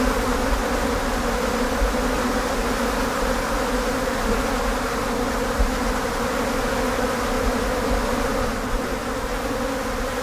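Continuous buzzing of blowflies, several pitched hums blending into one even drone that softens slightly near the end.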